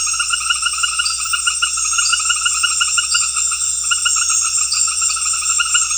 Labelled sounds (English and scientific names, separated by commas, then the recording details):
none
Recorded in pastures near Puerto Asís, Putumayo, Colombia, on 8 March 2025 at 18:30
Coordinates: 0.502, -76.324
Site GP07